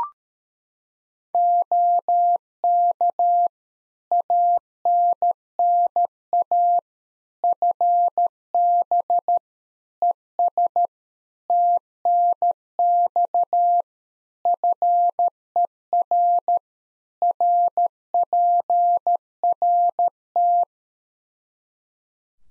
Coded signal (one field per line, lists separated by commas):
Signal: Morse code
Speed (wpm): 13 wpm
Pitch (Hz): 700 Hz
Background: none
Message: OK ANNA FB ES TNX FER RPRT